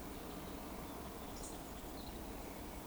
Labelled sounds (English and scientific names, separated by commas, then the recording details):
Eurasian Woodcock (Scolopax rusticola) whistle
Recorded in Baden-Württemberg, Germany, on 12 June 2020 at 20:00 UTC
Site 14569, 102 m above sea level